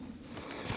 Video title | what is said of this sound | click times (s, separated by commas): Looking For Wildlife (Again Nothing) | And locks in place. | 0.5 s